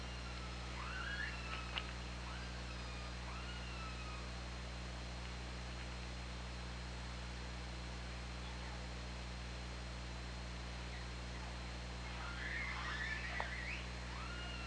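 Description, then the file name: Killer whale calls, upswept tonal cries near the start, then a burst of overlapping squeals and clicks near the end, over constant low hum and hiss. OrcaLab hydrophone recording, 24 August 2017, 13:09. "Orca Lab UTLN JASON 20170824 130911"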